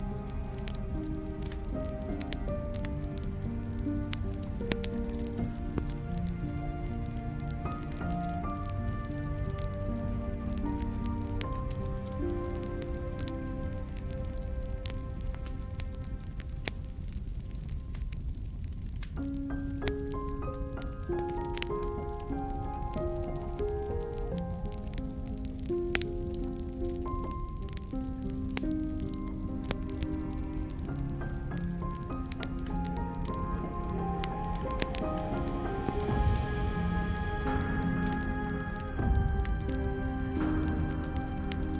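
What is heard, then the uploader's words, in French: A fire crackles and pops steadily under music, the sharp snaps scattered densely across the whole clip. The music holds sustained tones that shift in steps, with a brief quieter dip near twenty seconds, and louder pops around thirty-six and thirty-nine seconds. Écoutez le son du feu avec de la musique.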